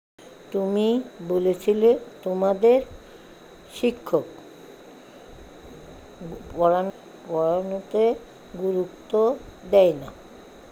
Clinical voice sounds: elicited speech; Bengali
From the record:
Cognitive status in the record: dementia

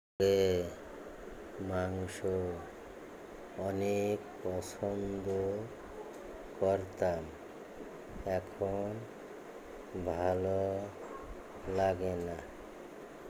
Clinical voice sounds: elicited speech; Bengali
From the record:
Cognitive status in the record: dementia

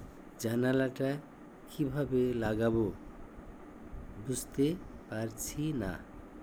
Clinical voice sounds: elicited speech; Bengali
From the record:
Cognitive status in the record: dementia

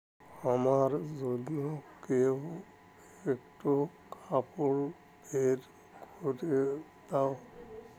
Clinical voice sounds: elicited speech; Bengali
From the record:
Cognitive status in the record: dementia

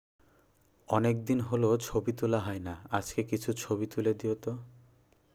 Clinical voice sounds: elicited speech; Bengali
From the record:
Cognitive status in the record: cognitively healthy

